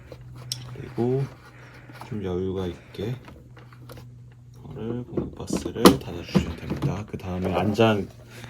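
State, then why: Seated. A plastic upper and lower jack, aligned with the protruding groove and the fixing part of a toy police motorcycle, is pushed in and snaps into the groove with a strong, sharp click at 0.5 s, seating it. Someone talks through the rest of the clip, with a few faint handling taps.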